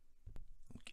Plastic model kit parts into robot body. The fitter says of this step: vous qu'elles se clipse bien à l'arrière et à l'avant avec